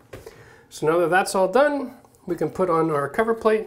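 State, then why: Not seated. Someone talks while a decorative shower valve cover plate is handled before being pressed onto the shower valve trim body, with a brief faint sound near 0.1 s. The plate has not yet snapped into place; nothing has seated or clicked.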